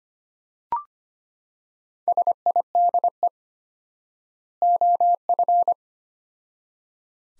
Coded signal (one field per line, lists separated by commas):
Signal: Morse code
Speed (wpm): 25 wpm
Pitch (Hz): 700 Hz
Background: none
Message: SIDE OF